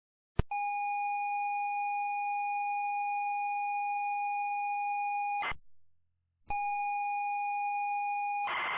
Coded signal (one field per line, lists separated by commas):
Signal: ZX Spectrum tape loading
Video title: Mixma's Retro Computer - Présentation Sinclair ZX Spectrum+ partie 1